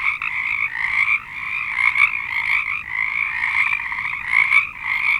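Frog chorus of overlapping croaking trills, swelling and dipping slightly as individual callers start and stop.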